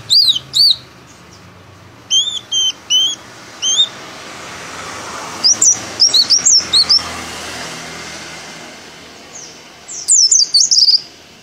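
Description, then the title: White-eye song of sharp, high whistled notes given in short spaced groups and quicker runs, over a quiet low hum. White-eye of the dakun type from Merapi, singing with open beak, its song mixing in canary-like phrases. "Pleci Dakun Merapi Buka Paruh sambung Kenarian"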